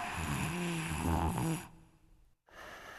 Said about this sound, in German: Ich hätte es überall auf der Welt erkannt, dieses kleine rhythmische Schnarchen.